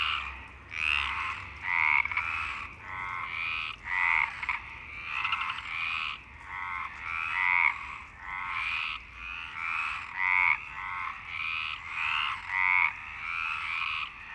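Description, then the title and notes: Several frogs croak in a busy chorus, short raspy pulsed bursts following one another quickly and unevenly throughout. Frogs in Parc Longchamp, Marseille, Provence-Alpes-Côte d'Azur, France, 26 March 2011 at 19:35, recorded with a MixPre-6 and Basic UCHO. "Marseille, Provence-Alpes-Côte d'Azur, France - 26_03_11_19_35 Longchamps_004 grenouilles. Grenouilles au parc de Longchamp MIXPRE 6 + BASIC UCHO"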